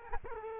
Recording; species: mosquito wingbeat signal from an infrared sensor; Culex quinquefasciatus